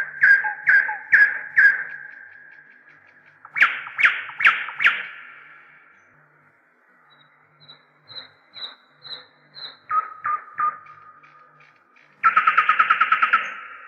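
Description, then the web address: Nightingale song of repeated stuttering notes, several loud piercing notes, soft high piping, a series of clipped notes and a final throbbing trill. "slowik spiew slowika"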